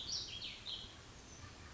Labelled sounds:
Oak Titmouse (Baeolophus inornatus)
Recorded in Sonoma County, California

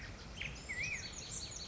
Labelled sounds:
Black-headed Grosbeak (Pheucticus melanocephalus)
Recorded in Sonoma County, California

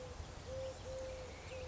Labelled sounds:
Eurasian Collared Dove (Streptopelia decaocto)
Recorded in Sonoma County, California

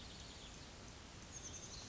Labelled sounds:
Oak Titmouse (Baeolophus inornatus)
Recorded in Sonoma County, California

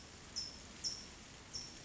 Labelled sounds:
California Towhee (Melozone crissalis)
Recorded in Sonoma County, California

